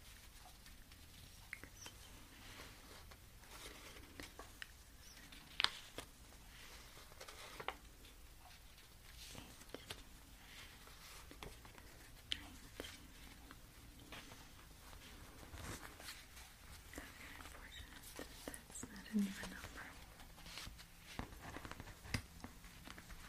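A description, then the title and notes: Cash is handled, sorted and counted in a soft, continuous patter of rustles and light taps. Short crisp clicks come irregularly every second or so, with a few sharper snaps near 6, 12 and 19 seconds over a low steady hum. Cash sorting, counting, spreading.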